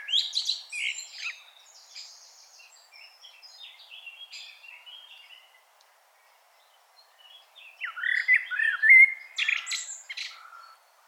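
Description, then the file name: Common blackbird song: a scratchy, twittering phrase opens, fades into soft, thin chatter, goes quiet briefly, then a louder burst of mellow warbling and squeaky flourishes returns near the end. "Turdus merula"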